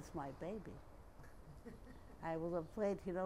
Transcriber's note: laughs